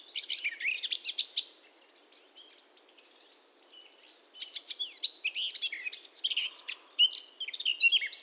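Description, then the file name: Eurasian blackcap singing a varied warble of quick chirps and slurred notes, with louder bursts at the start and again near the end. "Sylvia atricapilla"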